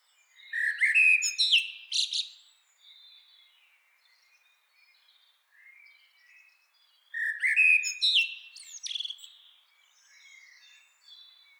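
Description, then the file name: Eurasian blackbird, two song phrases: flowing low whistles followed by high squeaky flourishes, with faint soft notes between. "Turdus merula"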